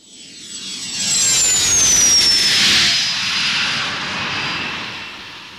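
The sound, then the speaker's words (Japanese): A loud engine roar of the uncle's flying bike swells in and holds steady, with a high whining tone that slowly falls in pitch, like a small aircraft passing in flight. No one speaks. “用意ができたらすぐおじさんのフライングバイクで出発だ。”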